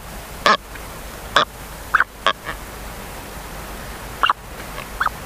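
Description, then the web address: Brown booby calls: several brief nasal honks, some doubled, irregularly spaced against constant rushing background noise. "sikioto. katsuodori"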